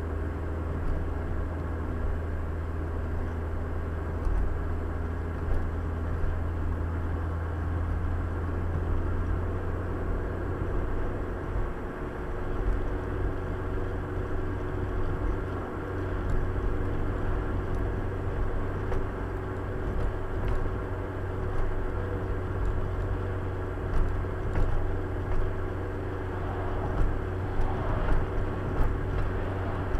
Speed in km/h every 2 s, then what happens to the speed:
62, 61, 62, 64, 66, 69, 71, 70, 71, 72, 71, 71, 70, 71, 71.
4-11 speeds up to 71. 11-30 steady at about 71.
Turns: none.